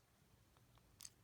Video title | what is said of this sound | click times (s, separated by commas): Transformers Siege Autobot AlphaStrike Counterforce - G2 Sideswipe, SlamDance & Trenchfoot Review | peg it this will fold up snap into place | 1.0 s, 1.1 s